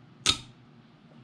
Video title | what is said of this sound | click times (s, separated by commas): #140 NAS: Intel NUC10i7FNH memória és NVME telepítés | Hát most egyszerre hallottuk a kettőt, de mind a két fül beakadt. | 0.3 s